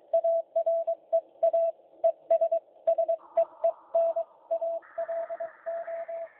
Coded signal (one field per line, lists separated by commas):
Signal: Morse code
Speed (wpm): 22 wpm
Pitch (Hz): 670 Hz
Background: radio noise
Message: AREA ES SEEN ALO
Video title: Tecsun PL-880 Tuning CW & SSB 40 meters (with firmware updated to 8820 by Kaito USA)